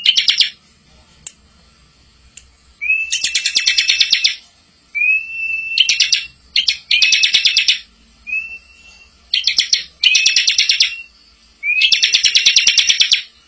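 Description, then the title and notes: Bar-winged prinia song: long buzzy rattling trills broken by short rising whistles, delivered in irregular bursts with quiet gaps. Ngebren song style; a tutor recording for training white-rumped shamas. "Ciblek Ngebren Untuk Masteran Murai Batu. Suara Nada"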